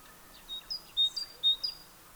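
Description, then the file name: Great tit song, a short run of sharp high two-note phrases repeated three times over faint background hiss. "Parus major"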